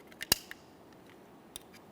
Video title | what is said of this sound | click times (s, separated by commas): How to Replace Power Window Switches 2014-2019 Toyota Corolla | And we'll press it in and listen for an audible click from each one of the locking tabs. | 0.3 s, 1.6 s